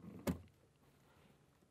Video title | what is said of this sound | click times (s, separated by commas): How To Remove A Porsche Cayman 987.2 Tail Light | get your fingernail or this screwdriver right in there and just pull straight back you'll hear a little click and the connector | 0.3 s